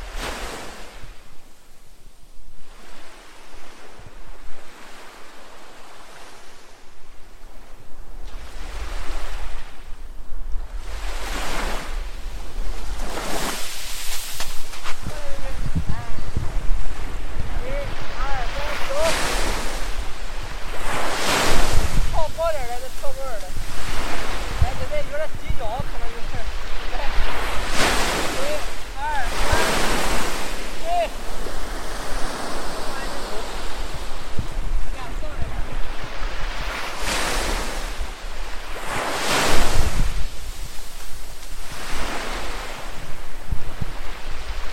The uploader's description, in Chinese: 海浪声